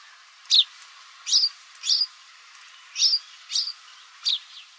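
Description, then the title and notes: House sparrow giving six sharp, bright chirps spaced irregularly, about half a second to a second apart, against a faint hiss. "Gorrión Común. Blog De Aves"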